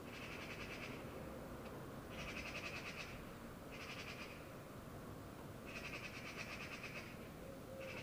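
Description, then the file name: Eurasian magpie chattering in several bursts of fast, harsh rattling notes separated by short pauses, with steady background noise throughout. "Pica pica"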